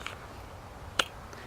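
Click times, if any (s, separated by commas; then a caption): 1.0 s. A pistol is pushed into a polymer holster with adjustable retention and seats with a quiet click at 1.0 s, softer than kydex would give, and the holster holds the gun securely. A faint tap comes just before at 0.1 s and a weaker one after at 1.3 s.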